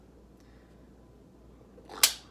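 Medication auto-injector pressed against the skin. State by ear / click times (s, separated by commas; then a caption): seated / 2.0 s. A medication auto-injector, a Makena device, is held at a 90-degree angle against the skin and pressed down. After quiet low background noise and a faint tick at about 0.4 s, a sharp, loud click sounds at 2.0 s as the injection starts. The click means the medicine is going in.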